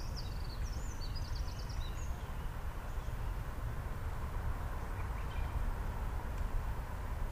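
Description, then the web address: Eurasian wren giving a short burst of quick, high notes and a trill in the first two seconds, then only a steady low rumble. Recorded at Nagaike on 11 March 2008. "nagaike misosazai 080311"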